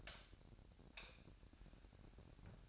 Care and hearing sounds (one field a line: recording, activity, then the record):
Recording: daily activity, microphone in the room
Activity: light off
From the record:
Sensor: 2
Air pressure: 1011.8 hPa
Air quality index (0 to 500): 213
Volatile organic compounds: 3 ppm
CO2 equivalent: 1504 ppm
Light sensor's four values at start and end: 17/45/19/19 and 12/28/12/12